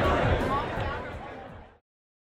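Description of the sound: Busy crowd chatter in a crowded place heard with full clarity: the undamaged-hearing reference played after a simulation of noise-induced hearing loss after 2 years in a noisy job.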